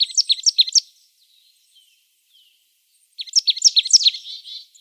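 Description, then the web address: Marsh tit song: two quick chattering bursts of high, varied notes separated by a pause. "Schulze Peter Marsh Tit"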